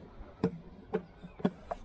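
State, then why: Not seated. A spare wheel center cap, about a quarter inch too short, is pressed into the center bore of a steel or alloy rim on a 1976 Camaro. It only taps against the rim, with short knocks at about 0.4, 1.5, 1.7 and 1.9 seconds and a softer one near 0.9 seconds. The cap has not snapped in or seated.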